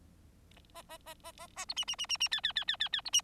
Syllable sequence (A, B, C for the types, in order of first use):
A A A A A A B C C C C C D D D D D D B C